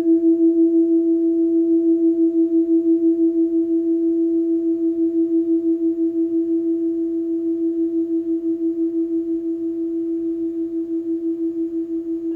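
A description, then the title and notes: A crystal singing bowl holds one pure, steady tone with a fast, even shimmer, fading very slightly over twelve seconds. Crystal Singing Bowl Sound Bath. The soothing sound of Crystal Tones Alchemy Crystal Singing Bowls.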